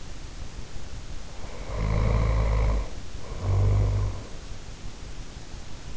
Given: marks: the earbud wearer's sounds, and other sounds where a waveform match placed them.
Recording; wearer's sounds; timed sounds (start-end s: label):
sounds in sleep by an in-ear microphone; snoring breath
1.28-4.40 s: snoring breath